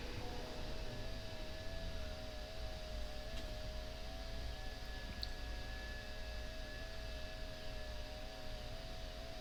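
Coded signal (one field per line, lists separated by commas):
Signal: FT8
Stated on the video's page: FT8 in Hound DXpedition mode using WSJT-X v2.6.1.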